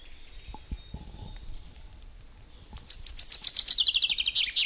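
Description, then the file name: Common chaffinch song starting after a few quiet seconds: a quick run of repeated, high chipping notes stepping steadily downward, cut off before the end. "Fringilla coelebs"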